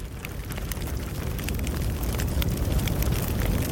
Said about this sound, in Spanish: El crepitar del fuego nos anuncia la llegada